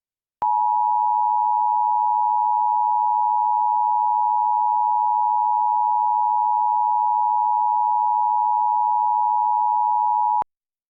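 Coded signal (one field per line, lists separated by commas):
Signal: Emergency Alert System (SAME) tones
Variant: 853 and 960 Hz attention tone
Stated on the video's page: Mock state-of-emergency EAS alert made with valid EAS tones.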